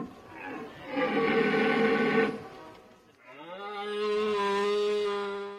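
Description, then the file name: Deer calling: a rough, harsh bellow lasting just over a second, then a longer tonal, moaning call that rises and holds steady before fading. "jelenie deer"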